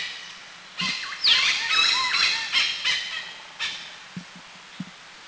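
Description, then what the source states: Oriental pied hornbill giving harsh, nasal squawks in short bursts, with some bent, yelping notes; a few thin whistles and soft low knocks are also heard. Recorded in northern Thailand.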